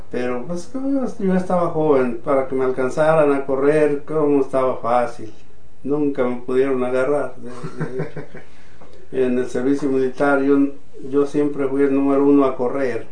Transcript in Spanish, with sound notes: Pero pos uno estaba joven para que me alcanzaran a correr creo no estaba fácil. Nunca me pudieron agarrar. (risas) En el servicio militar yo siempre fui el número uno a correr.